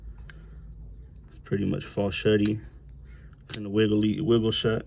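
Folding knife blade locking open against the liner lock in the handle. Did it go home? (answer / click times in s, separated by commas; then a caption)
yes / 0.3 s. The bearing-pivot blade of a Bestech Syntax folding knife with a micarta handle is flipped open, snapping fully open with a sharp click at 0.3 s as the steel liner lock in the handle engages. Someone then talks over the rest of the clip, and the blade stays locked open.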